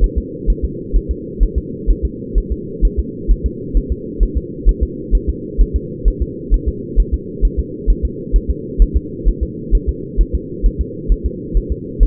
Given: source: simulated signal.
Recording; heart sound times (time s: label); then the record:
fetal heart sounds
0.04 s: S1
0.18 s: S2
0.50 s: S1
0.65 s: S2
0.96 s: S1
1.11 s: S2
1.43 s: S1
1.58 s: S2
1.91 s: S1
2.05 s: S2
2.38 s: S1
2.52 s: S2
2.85 s: S1
2.99 s: S2
3.31 s: S1
3.46 s: S2
3.77 s: S1
3.92 s: S2
4.23 s: S1
4.37 s: S2
4.69 s: S1
4.83 s: S2
5.15 s: S1
5.29 s: S2
5.61 s: S1
5.76 s: S2
6.08 s: S1
6.22 s: S2
6.54 s: S1
6.68 s: S2
7.00 s: S1
7.14 s: S2
7.45 s: S1
7.59 s: S2
7.90 s: S1
8.05 s: S2
8.36 s: S1
8.51 s: S2
8.82 s: S1
8.97 s: S2
9.28 s: S1
9.43 s: S2
9.75 s: S1
9.89 s: S2
10.21 s: S1
10.35 s: S2
10.66 s: S1
10.81 s: S2
11.12 s: S1
11.26 s: S2
11.57 s: S1
11.72 s: S2
12.03 s: S1
From the record:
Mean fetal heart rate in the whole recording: 130 bpm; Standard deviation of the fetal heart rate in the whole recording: 2 bpm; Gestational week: 36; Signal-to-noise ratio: -4.1 dB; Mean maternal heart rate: no maternal heart sound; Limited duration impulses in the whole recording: absent